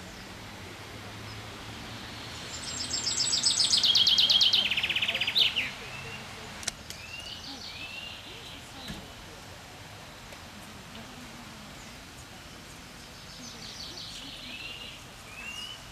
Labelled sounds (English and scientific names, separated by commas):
Common Chaffinch (Fringilla coelebs) song